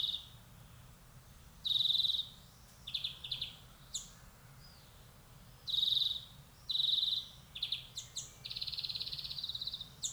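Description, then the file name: European greenfinch calls: harsh buzzy wheezes and quick rattling trills in separate bursts, ending with a longer steady buzzing trill over a faint low background hum. "Chloris chloris"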